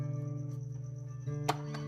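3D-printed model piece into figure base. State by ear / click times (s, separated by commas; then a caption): seated / 1.5 s. A 3D-printed plastic piece of a painted figure's base, which is tough to get on and has to snap in, is pressed down against the base over steady background music. A sharp snap at 1.5 s, followed by a fainter tick, marks the piece seating into place.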